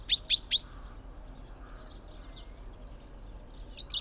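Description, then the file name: Common chaffinch gives three sharp, bright call notes in rapid succession, then faint high chirps. "Fringilla coelebs"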